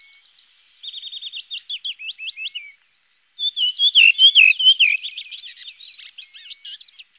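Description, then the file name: Redwing singing a rapid series of thin repeated twitters, a brief silence, then a louder, jumbled warble of squeaky, tumbling notes. "koperwiek redwing"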